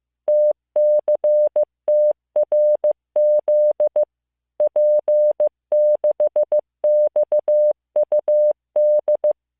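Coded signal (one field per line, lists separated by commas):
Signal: Morse code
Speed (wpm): 15 wpm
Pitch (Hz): 600 Hz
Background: none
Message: TCTRZ P6XUD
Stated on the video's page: Morse listening practice of random five-character groups of letters, numbers and punctuation.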